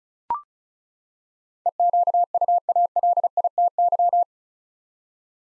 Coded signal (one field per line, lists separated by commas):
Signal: Morse code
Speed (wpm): 34 wpm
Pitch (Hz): 700 Hz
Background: none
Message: EQUALITY